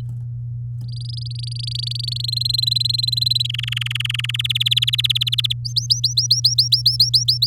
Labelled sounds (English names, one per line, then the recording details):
Domestic Canary song
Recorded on 8 May 2018 at 10:33
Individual llb16